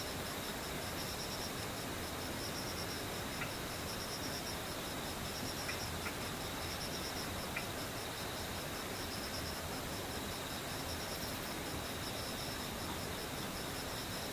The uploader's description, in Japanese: ムシ